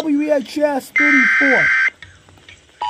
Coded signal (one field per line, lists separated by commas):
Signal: Emergency Alert System (SAME) tones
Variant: header bursts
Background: speech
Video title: SanabiaKnight gets a eas from a analog tv! | Sanabia LC